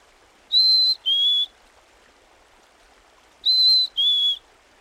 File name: Dan Gibson's - Nature Trails(1991) - 04.Black-Capped Chickadee